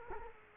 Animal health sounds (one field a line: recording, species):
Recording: mosquito wingbeat signal from an infrared sensor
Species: Culex quinquefasciatus